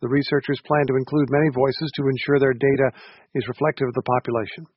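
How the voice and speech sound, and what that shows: Fluent, clear adult speech at a steady pace with normal voice quality and no sign of a voice disorder.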